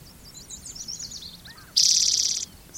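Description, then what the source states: Spotted Towhee song: faint high chirps, then one loud, buzzy, even trill lasting under a second. Individual number 8, Black's Creek, 16 June 2010, around 4:30 in the afternoon; vocalizations counted aloud, this one numbered 68.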